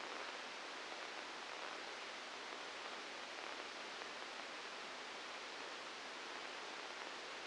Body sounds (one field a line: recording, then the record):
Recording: brain microelectrode recording played as sound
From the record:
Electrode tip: inside the subthalamic nucleus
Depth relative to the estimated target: 1 mm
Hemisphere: right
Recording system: NeuroSet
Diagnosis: Parkinson's disease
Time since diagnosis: 8 years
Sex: male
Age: 59 years